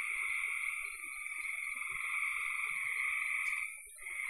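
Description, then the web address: Quieter frog chorus, overlapping high trills running continuously without louder bursts. "cn frogs"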